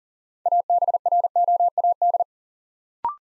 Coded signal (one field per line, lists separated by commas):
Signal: Morse code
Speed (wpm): 38 wpm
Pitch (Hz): 700 Hz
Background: none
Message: ABROAD